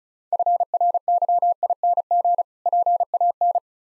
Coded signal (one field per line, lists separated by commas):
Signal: Morse code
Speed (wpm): 34 wpm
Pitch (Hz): 700 Hz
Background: none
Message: FRYING PAN